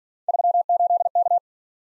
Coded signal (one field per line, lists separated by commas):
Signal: Morse code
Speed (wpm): 46 wpm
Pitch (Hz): 700 Hz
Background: none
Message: 38K